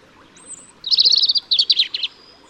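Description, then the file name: European robin song: a faint high whistle, then a rapid rattling sequence of sweet, trilled notes. "Erithacus rubecula"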